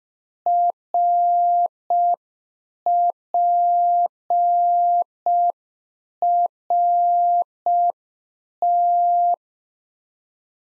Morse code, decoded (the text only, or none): RPRT